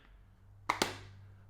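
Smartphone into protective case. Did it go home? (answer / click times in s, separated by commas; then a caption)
yes / 0.7 s, 0.8 s. A black titanium iPhone 15 Pro Max is pressed into a semi-rigid, 48-gram Spigen Enzo aramid phone case. Two sharp clicks are heard at 0.7 and 0.82 seconds over a quiet background, and the phone seats in the case with a very nice click.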